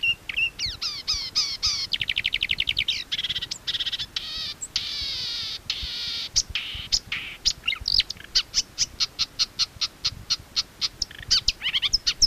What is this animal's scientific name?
Acrocephalus palustris